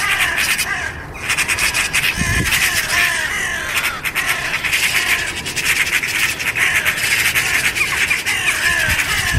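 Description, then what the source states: Western Jackdaw screaming calls, dense harsh calling from more than one bird, nearly continuous, with a scraping rustle partway through. A hawk attacked a jackdaw; two other jackdaws gathered around and are screaming.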